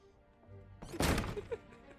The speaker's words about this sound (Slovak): Teraz tresni dverami.